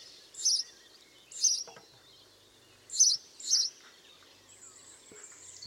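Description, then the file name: House sparrow giving four spaced, sharp chirps, with a faint thin whistle near the end and low background hiss. "Passer domesticus"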